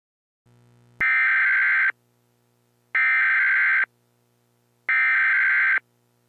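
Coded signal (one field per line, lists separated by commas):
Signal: Emergency Alert System (SAME) tones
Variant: header bursts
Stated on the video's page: Fictional EAS scenario about climate change, not a real alert.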